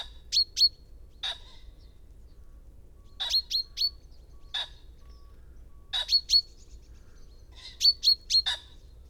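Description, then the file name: Common chaffinch calling with short, bright chip notes, singly and in uneven clusters of two to four. "Fringilla coelebs"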